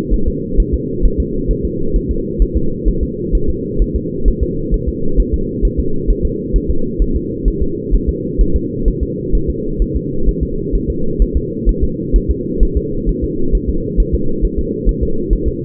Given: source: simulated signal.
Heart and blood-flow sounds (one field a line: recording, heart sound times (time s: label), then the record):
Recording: fetal heart sounds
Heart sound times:
0.14 s: S1
0.28 s: S2
0.60 s: S1
0.74 s: S2
1.05 s: S1
1.20 s: S2
1.51 s: S1
1.65 s: S2
1.96 s: S1
2.11 s: S2
2.42 s: S1
2.57 s: S2
2.88 s: S1
3.03 s: S2
3.35 s: S1
3.50 s: S2
3.82 s: S1
3.96 s: S2
4.28 s: S1
4.43 s: S2
4.74 s: S1
4.89 s: S2
5.20 s: S1
5.34 s: S2
5.65 s: S1
5.80 s: S2
6.10 s: S1
6.25 s: S2
6.56 s: S1
6.71 s: S2
7.02 s: S1
7.16 s: S2
7.48 s: S1
7.62 s: S2
7.94 s: S1
8.09 s: S2
8.41 s: S1
8.56 s: S2
8.88 s: S1
9.03 s: S2
9.35 s: S1
9.50 s: S2
9.82 s: S1
9.96 s: S2
10.29 s: S1
10.43 s: S2
10.75 s: S1
10.90 s: S2
11.22 s: S1
11.37 s: S2
11.69 s: S1
11.84 s: S2
12.16 s: S1
12.31 s: S2
12.63 s: S1
12.77 s: S2
13.09 s: S1
13.24 s: S2
13.55 s: S1
13.69 s: S2
14.00 s: S1
14.15 s: S2
14.45 s: S1
14.59 s: S2
14.89 s: S1
15.03 s: S2
15.33 s: S1
15.48 s: S2
From the record:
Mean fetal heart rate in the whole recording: 130 bpm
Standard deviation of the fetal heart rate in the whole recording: 2 bpm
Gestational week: 36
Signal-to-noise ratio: -8.1 dB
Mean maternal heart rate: 72 bpm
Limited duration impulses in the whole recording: absent